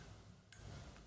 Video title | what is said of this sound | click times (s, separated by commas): Empire Vanquish 1.5 Review & Maintenance! | You hear that? That spring's on there now. | 0.5 s